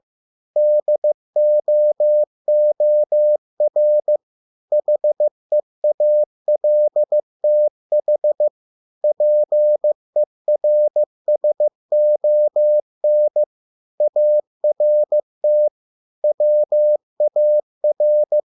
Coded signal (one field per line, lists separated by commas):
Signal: Morse code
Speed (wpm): 15 wpm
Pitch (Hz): 600 Hz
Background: none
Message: DOOR HEALTH PERSON ART WAR